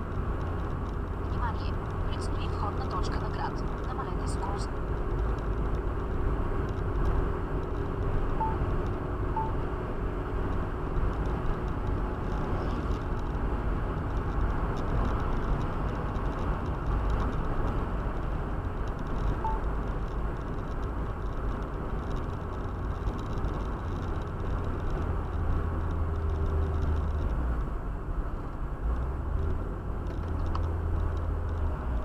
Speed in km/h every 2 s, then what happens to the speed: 81, 81, 83, 84, 86, 86, 86, 85, 84, 83, 83, 83, 78, 71, 66, 62.
0-22 steady at about 83. 22-29 slows to 62.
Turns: none.